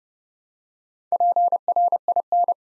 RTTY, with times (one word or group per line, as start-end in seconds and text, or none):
none